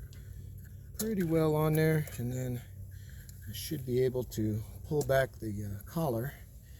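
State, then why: Not seated. Someone talks while handling a metal quick-connect coupler on an air hose, working it onto the blow-out fitting of a sprinkler system and getting ready to pull back its collar. Only brief, faint handling noises are heard under the speech, at about 0.1 s and 3.3 s. Nothing has seated or clicked yet.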